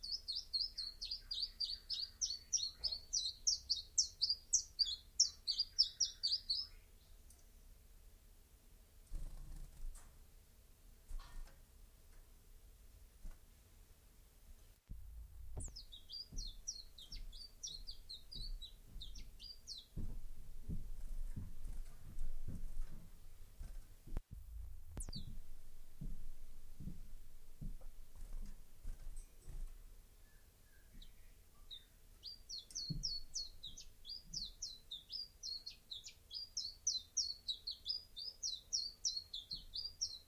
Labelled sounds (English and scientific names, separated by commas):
Common Chiffchaff (Phylloscopus collybita) song